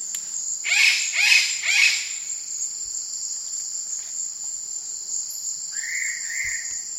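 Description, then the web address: Eclectus parrot giving three loud, harsh rasping screeches in quick succession, followed by two softer whistled notes, over a constant high-pitched insect drone. Indonesia. "ULM-DS-Lab indonesian-bird-sounds. Eclectus roratus"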